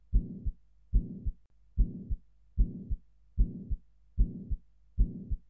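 Adult heart sounds at about 75 beats per minute, with a low-pitched murmur filling the interval between the first and second heart sounds, consistent with mitral insufficiency (mitral regurgitation).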